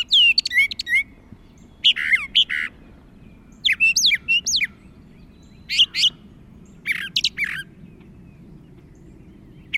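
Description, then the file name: Brown thrasher song: a string of varied whistled and buzzy phrases, many repeated twice, with brief silences between each phrase group. "suara kicauan brown thrasher. omkicau"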